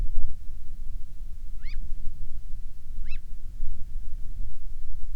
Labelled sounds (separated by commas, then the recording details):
bird
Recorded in the Prudhoe Bay oil fields, Alaska, on 10 July 2019 at 14:11
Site 14